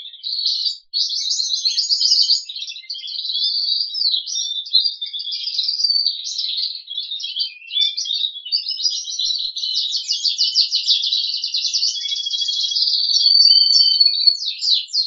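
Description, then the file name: Crested canary in continuous song, fast buzzy trills and rapid twitters running together with hardly a break. "audio kenari jambul"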